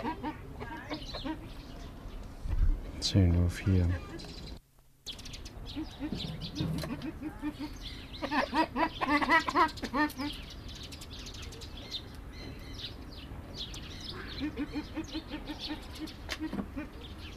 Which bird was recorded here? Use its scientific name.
Crossoptilon mantchuricum